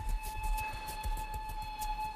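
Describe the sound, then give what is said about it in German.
An approaching train sounds a steady, sustained horn tone over a continuous low rumble, with faint rhythmic clatter pulsing underneath throughout the short stretch. “Hörst du? Da kommt ein Zug.”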